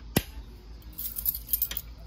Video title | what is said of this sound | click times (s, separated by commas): How a fire alarm pull station works + demonstration. | so uh and that button lacing you hear this this click | 0.2 s